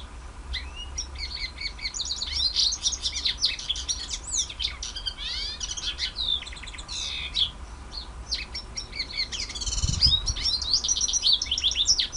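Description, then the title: White-eye song, a long run of rapid high twittering notes with slurred whistles and buzzy trills, steady low hum beneath. Song in the ngerol ngalas style. "Suara Burung Pleci Ngerol Ngalas"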